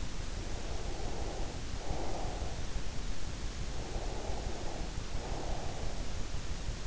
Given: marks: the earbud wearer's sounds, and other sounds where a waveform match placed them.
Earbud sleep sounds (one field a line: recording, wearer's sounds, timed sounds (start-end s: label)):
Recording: sounds in sleep by an in-ear microphone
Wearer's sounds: breath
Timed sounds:
0.26-2.91 s: breath
3.65-6.43 s: breath